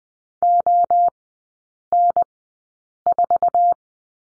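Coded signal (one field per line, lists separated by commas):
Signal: Morse code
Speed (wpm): 20 wpm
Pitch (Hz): 700 Hz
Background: none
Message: ON4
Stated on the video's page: Morse course lesson on the letter D, three-character groups at Farnsworth 20/10 wpm.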